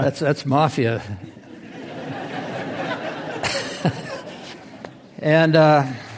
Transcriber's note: laughter